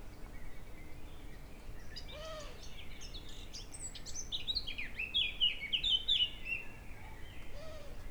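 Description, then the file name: Eurasian blackcap warbling phrase with fluty notes in the second half, over steady background noise, with two soft lower arched calls. "Sylvia atricapilla"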